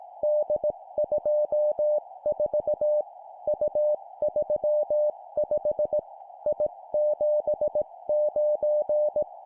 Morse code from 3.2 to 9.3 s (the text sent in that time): U35 I79